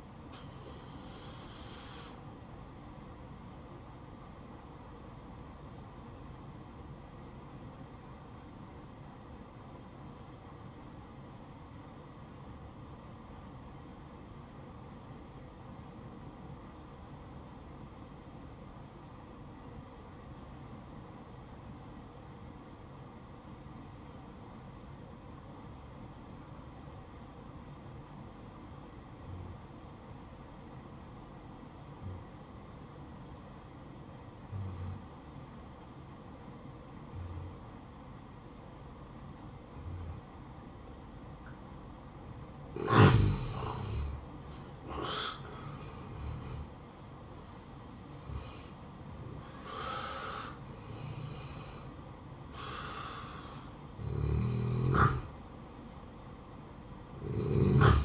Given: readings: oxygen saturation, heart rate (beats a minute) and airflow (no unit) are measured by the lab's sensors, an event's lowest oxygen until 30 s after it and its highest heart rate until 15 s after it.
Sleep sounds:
breathing in sleep by a smartphone at the bedside; 1
10.00-44.50 s: obstructive apnea (N1, oxygen 96% highest, then 86% lowest, heart rate 60 at the start, 72 highest)
From the record:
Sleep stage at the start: N1 (lightest sleep); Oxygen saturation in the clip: 85 to 96%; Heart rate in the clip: 59 to 72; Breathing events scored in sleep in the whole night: 573 in 9.8 hours asleep

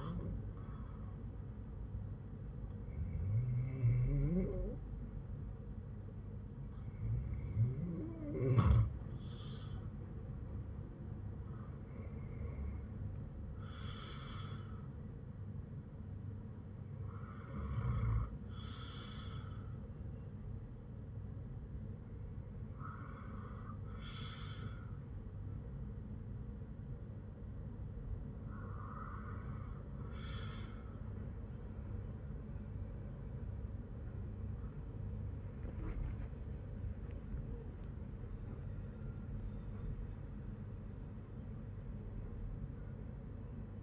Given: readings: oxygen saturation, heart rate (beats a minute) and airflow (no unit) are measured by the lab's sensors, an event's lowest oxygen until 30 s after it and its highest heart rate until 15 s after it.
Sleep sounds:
breathing in sleep by a smartphone at the bedside; 1
21.00-37.20 s: hypopnea (REM, oxygen 93% highest, then 87% lowest, heart rate 60 at the start, 75 highest)
36.00-43.83 s: new sleep stage, N1 (lightest sleep)
From the record:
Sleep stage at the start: REM sleep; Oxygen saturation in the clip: 89 to 96%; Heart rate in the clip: 59 to 75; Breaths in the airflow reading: 9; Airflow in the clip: -8.5 to 12.3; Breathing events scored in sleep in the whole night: 182 in 7.4 hours asleep

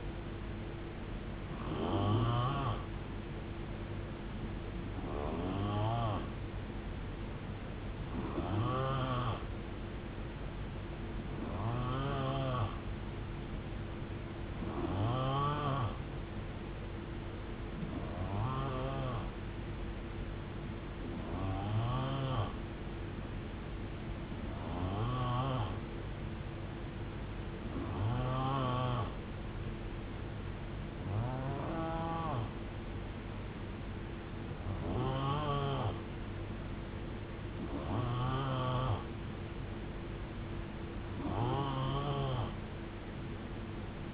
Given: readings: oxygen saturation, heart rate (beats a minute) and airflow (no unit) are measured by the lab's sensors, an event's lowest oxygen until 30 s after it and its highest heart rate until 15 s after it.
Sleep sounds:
breathing in sleep by a voice recorder at the bedside; none
none scored
From the record:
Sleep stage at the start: N3 (deep sleep); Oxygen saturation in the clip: 90 to 91%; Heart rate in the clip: 66 to 76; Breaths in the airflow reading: 14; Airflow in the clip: -8.4 to 3.8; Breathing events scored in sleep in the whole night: 389 in 6.3 hours asleep

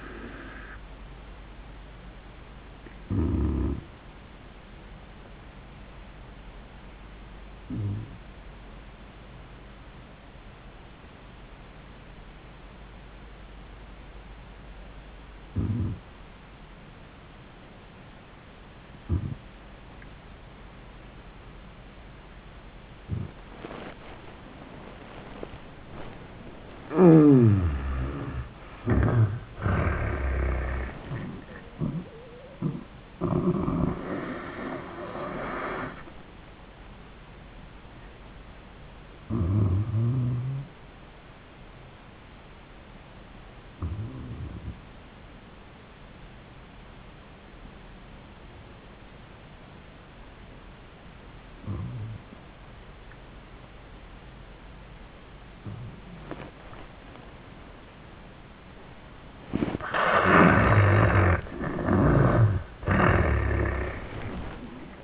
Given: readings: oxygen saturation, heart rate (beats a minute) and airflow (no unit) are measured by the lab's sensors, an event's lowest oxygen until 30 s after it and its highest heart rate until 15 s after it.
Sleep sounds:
breathing in sleep by a voice recorder at the bedside; 2
4.00-27.00 s: hypopnea (N1, oxygen 97% highest, then 77% lowest, heart rate 90 at the start, 99 highest)
10.00-65.04 s: new sleep stage, N2 (light sleep)
42.00-60.80 s: hypopnea (N2, oxygen 95% highest, then 79% lowest, heart rate 99 at the start, 99 highest)
From the record:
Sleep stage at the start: N1 (lightest sleep); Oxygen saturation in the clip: 77 to 97%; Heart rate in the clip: 71 to 99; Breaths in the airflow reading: 7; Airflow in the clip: -18.9 to 28.5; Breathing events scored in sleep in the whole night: 400 in 8.7 hours asleep

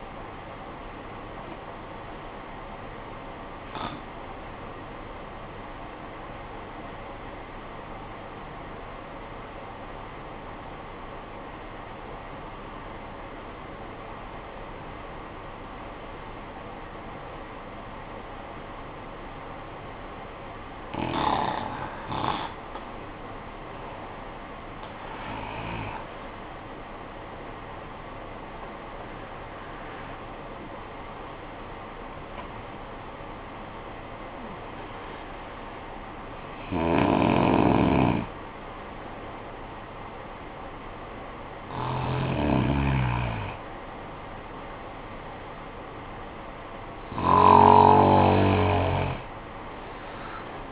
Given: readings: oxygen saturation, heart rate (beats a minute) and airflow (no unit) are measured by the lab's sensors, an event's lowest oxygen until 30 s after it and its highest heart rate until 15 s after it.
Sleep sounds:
breathing in sleep by a voice recorder at the bedside; 1
5.00-24.50 s: obstructive apnea (REM, oxygen 92% highest, then 74% lowest, heart rate 53 at the start, 76 highest)
From the record:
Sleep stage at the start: REM sleep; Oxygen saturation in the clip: 74 to 92%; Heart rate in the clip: 49 to 76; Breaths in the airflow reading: 5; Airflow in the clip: -14.1 to 16.6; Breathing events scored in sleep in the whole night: 445 in 7.6 hours asleep

